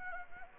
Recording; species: mosquito wingbeat signal from an infrared sensor; Anopheles gambiae